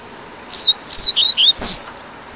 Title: Canto Coleiro